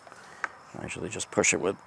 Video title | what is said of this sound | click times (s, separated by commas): Craftsman Versastack Cooler Review Vs Dewalt/Milwaukee Packout Christmas Gifts For Dad | And we'll snap this one up in place also, see? | 0.4 s